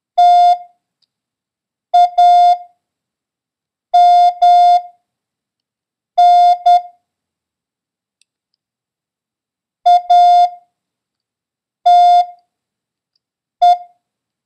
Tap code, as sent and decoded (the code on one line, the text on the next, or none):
none